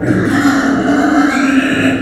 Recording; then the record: squeal of a Yucatan mini pig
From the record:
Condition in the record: after surgery on the right vocal fold (resection and tissue-engineered implant); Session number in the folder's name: 4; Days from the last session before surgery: 26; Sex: female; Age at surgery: 19 weeks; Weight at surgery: 25 kg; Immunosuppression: prednisolone